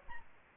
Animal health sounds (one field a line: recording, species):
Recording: mosquito wingbeat signal from an infrared sensor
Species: Aedes albopictus